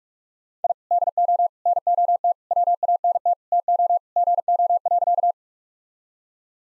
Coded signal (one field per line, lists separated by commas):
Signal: Morse code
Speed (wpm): 41 wpm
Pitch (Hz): 700 Hz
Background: none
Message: I DO NOT WANT TO GO.